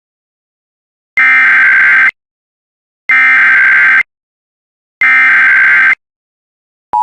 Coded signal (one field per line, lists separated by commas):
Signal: Emergency Alert System (SAME) tones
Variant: header bursts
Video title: Missouri Amber Alert Cancelation EAS 1